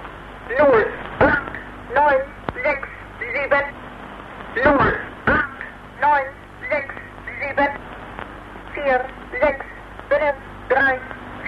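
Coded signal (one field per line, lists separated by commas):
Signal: numbers station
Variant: East German, German language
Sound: a voice reading about a dozen short, evenly spaced words over a hum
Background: radio hum and static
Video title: East German Numbers Station (1977)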